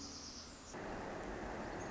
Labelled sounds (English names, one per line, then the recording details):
Pacific Wren
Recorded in Sonoma County, California